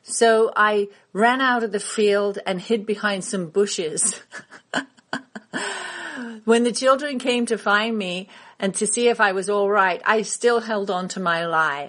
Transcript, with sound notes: So I ran out of the field and hid behind some bushes. [laughs] When the children came to find me and to see if I was all right, I still held on to my lie.